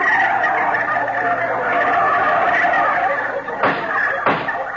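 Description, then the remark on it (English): A jury of turkeys in a courtroom gobbles steadily, their warbling calls overlapping into a loud, continuous chorus, with two sharp bursts of noise breaking through near the end. “And look, the jury, they're all turkeys, too.”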